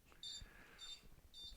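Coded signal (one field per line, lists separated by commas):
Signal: beep code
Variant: Golden mobility scooter controller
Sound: repeated short high-pitched electronic beeps about every half second; three heard, last cut off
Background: faint room noise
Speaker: the scooter is buzzing because I have actually released the brake and the computer's just told me that we have a brake error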